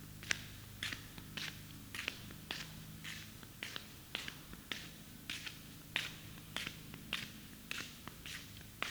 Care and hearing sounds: daily activity, guitar pickup as the sensor; walk

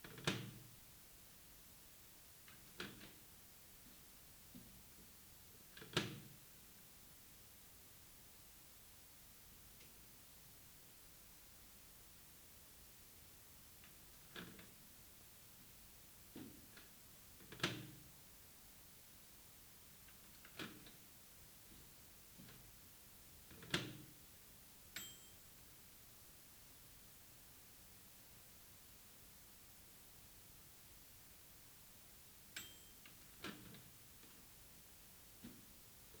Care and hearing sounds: daily activity, guitar pickup as the sensor; use microwave

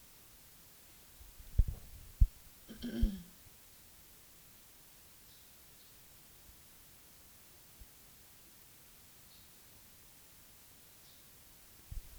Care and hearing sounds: daily activity, guitar pickup as the sensor; drink water

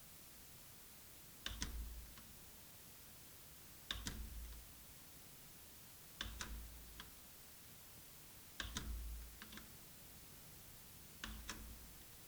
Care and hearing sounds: daily activity, guitar pickup as the sensor; manipulate door

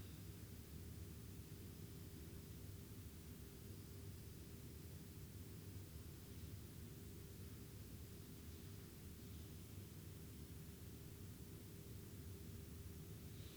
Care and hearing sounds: daily activity, guitar pickup as the sensor; lie down

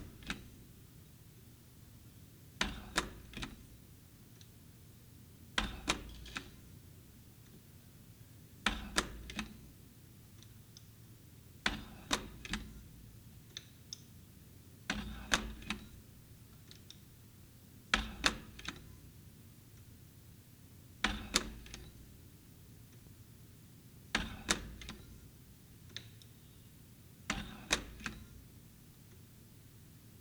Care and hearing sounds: daily activity, guitar pickup as the sensor; manipulate door

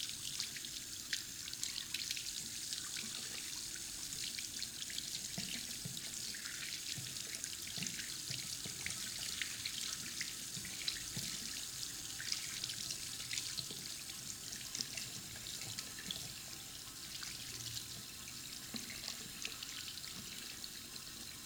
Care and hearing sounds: daily activity, guitar pickup as the sensor; wash hands

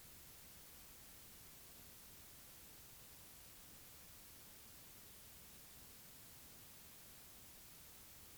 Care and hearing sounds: daily activity, guitar pickup as the sensor; drink water

